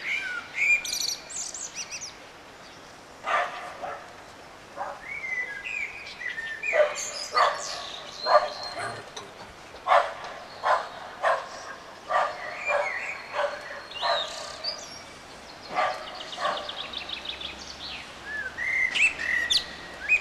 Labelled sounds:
Common Blackbird song

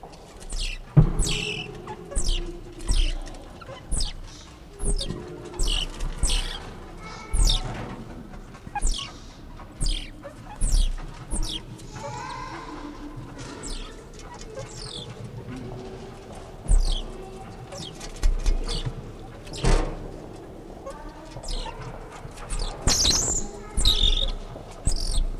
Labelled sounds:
Banded Mongoose call

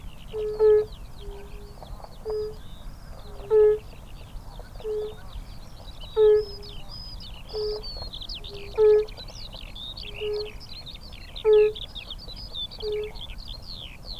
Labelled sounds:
Fire-Bellied Toad call

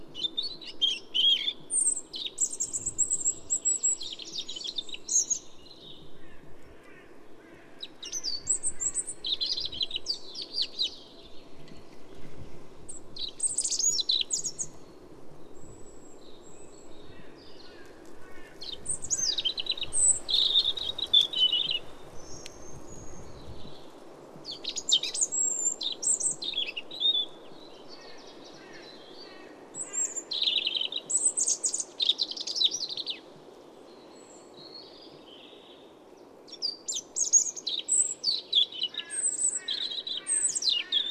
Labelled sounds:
European Robin song

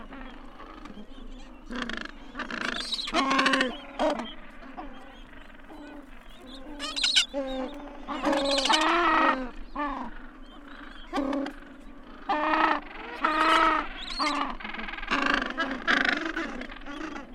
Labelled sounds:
Gentoo Penguin call

